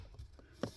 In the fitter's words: Push it in until you hear that click.